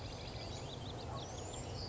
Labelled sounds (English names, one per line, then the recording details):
Western Flycatcher
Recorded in Sonoma County, California